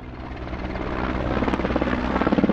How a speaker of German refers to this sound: Armeehubschrauber kreisen über der Innenstadt.